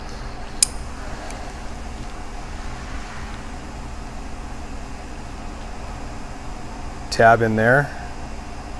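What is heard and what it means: A spring hose clamp is handled and fitted into the tab of a hose clamp tool over a steady low hum, with a brief sharp tick near 0.6 s and someone talking near the end. Nothing has seated or clicked into place yet.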